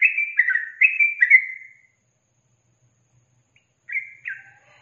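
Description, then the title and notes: Yellow-vented bulbul song: a quick run of four slurred, warbled notes, a silent pause, then two more bubbling notes. Masteran training recording for songbirds, featuring the tembakan and ropel song styles. "MASTERAN Trucukan Tembakan Dan Ropel 1. BURUNG TRUCUKAN"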